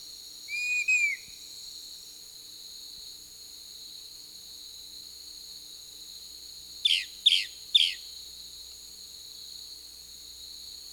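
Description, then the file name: Lawrence's Thrush song: one slurred whistle, then three sharp down-swept notes in quick succession, with a constant shrill insect hum behind. Recorded in Peru, in the Amazon. "Lawrence's Thrush (Turdus lawrencii), Peru"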